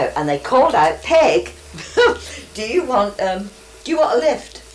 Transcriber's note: laughs